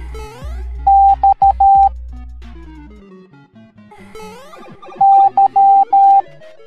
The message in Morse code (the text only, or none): X Y